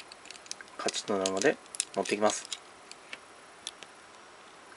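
On the other side of a plastic Transformers Dark of the Moon DA-06 Ratchet robot toy, the plastic upper-body part is moved until it clicks into position in the torso, with a sharp click at 0.5 s. Someone talks in the middle of the clip, and a few more small plastic ticks follow near 2.9, 3.1, 3.7 and 3.8 s. The part is seated.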